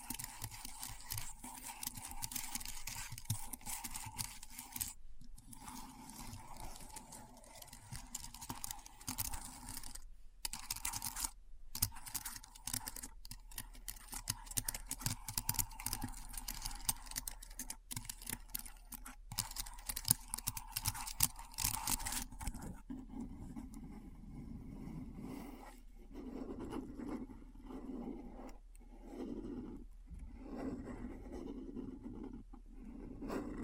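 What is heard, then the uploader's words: Keyboard typing runs in quick, dense bursts of crisp clicks, with a steady midrange tone beneath and short pauses near 5, 10 and 11 seconds. After about 23 seconds the clicks turn softer and duller, sparser and lower, losing their bright edge. ASMR Keyboard Sounds (No Talking).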